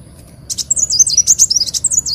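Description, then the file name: Leafbird song: one brisk phrase of high, twisting whistled notes, tumbling rapidly for well over a second. "Tieng chim xanh tim"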